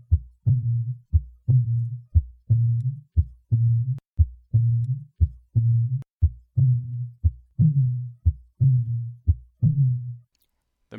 Rupture or retroversion of a coronary cusp may result in a cooing dove murmur. A cooing dove murmur of aortic regurgitation.